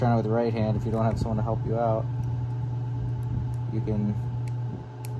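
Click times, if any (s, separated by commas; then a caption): 5.1 s. Someone talks over a steady low hum, then a small plastic pin-locking tab on a wiring harness connector housing for a Fiesta ST Spec-D wiring setup is pried out, giving a sharp click at 5.1 seconds. The tab releases, so the crimped pins come loose and can be pulled from the housing.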